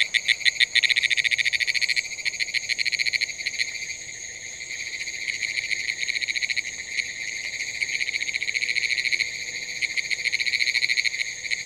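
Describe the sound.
Pine woods treefrog calling in rapid pulsed bursts, dense trains of clicks repeated several times a second, briefly thinning midway, over a steady high-pitched whine throughout.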